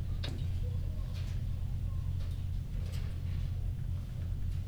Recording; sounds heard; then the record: poultry house recording; healthy chickens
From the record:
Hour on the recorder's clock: 23